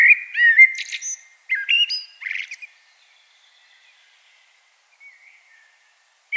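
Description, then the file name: Common blackbird song of several mellow whistled phrases with squeaky flourishes at the start, followed by near silence with a faint note, then a new phrase beginning at the very end. "Turdus merula"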